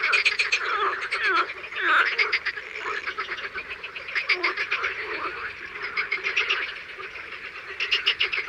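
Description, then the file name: Chorus of frogs and toads: rapid pulsed trills and croaks overlap throughout. Recorded in the morning. "BATRACIENS AU MATIN"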